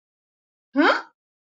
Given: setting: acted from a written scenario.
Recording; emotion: vocal sound without words; confusion